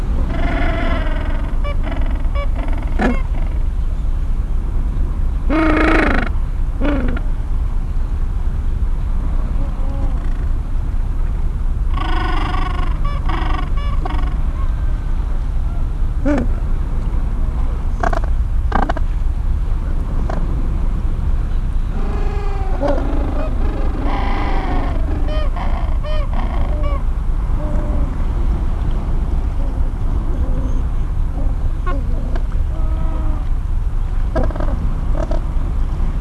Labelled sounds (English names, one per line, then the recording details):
Gentoo Penguin
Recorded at the colony at Neko Harbor, Antarctica, on 26 January 2015
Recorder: Song Meter SM2+